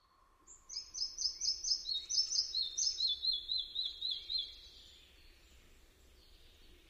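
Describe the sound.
Red-breasted flycatcher song: a rapid, regular series of many sharp notes descending in pitch, fading out, with a faint low tone at the start.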